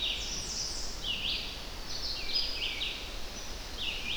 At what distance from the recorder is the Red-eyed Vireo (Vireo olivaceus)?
about 40 m